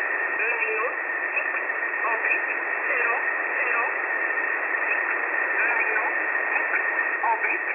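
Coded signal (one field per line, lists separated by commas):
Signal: numbers station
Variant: E11 Oblique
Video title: E11 Oblique 03/10/2022 1045 UTC 7317kHz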